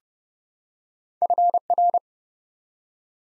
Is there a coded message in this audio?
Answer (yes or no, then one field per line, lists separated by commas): yes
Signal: Morse code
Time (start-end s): 1.2-2.0 s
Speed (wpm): 30 wpm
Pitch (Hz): 700 Hz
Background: none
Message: FR